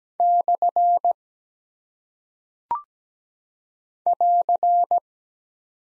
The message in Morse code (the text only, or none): / <AR>